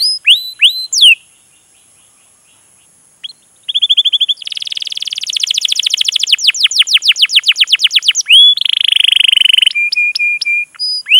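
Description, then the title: Canary opens with a few whistled notes, pauses, then bursts into a long trill, a buzzy roll and short clipped repeated tones. Long, continuous chatty (gacor panjang) song, used as a lure (pancingan) to prompt a canary to sing and as tutoring (masteran) material. "PANCINGAN Kenari GACOR PANJANG. Pancingan Gacor Masteran"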